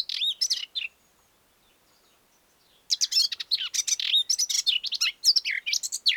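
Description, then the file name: Eurasian blackcap warbling: a short burst of jumbled high notes, a two-second pause, then a longer, dense phrase of varied chirps and slurred whistles. "Sylvia atricapilla"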